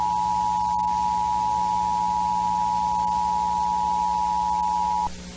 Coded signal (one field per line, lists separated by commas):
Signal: Emergency Alert System (SAME) tones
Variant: 853 and 960 Hz attention tone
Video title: THE END OF THE WORLD 2021 eas scenario